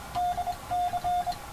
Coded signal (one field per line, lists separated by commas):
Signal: Morse code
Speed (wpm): 25 wpm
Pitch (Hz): 710 Hz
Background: radio noise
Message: DC